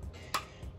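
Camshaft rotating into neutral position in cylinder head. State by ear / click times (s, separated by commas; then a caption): seated / 0.3 s. On a 2011 Dodge Journey 3.6 during a lifter and rocker replacement, the engine camshaft in the cylinder head is turned about 30 degrees. It gives a single sharp click at 0.4 s over low background noise as it seats in its neutral position, with the lobes off the rockers.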